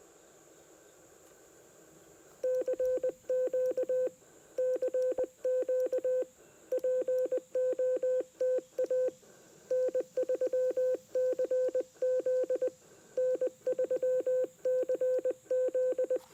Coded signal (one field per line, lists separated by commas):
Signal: Morse code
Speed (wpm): 20 wpm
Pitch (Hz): 510 Hz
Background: none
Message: CQ CQ POTA N3CZ N3CZ